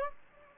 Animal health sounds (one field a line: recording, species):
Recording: mosquito wingbeat signal from an infrared sensor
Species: Anopheles gambiae